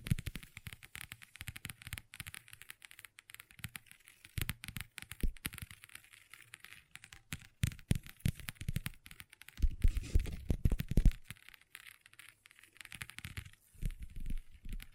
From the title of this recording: Table Tapping & Scratching with Long Nails